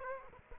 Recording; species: mosquito wingbeat signal from an infrared sensor; Aedes aegypti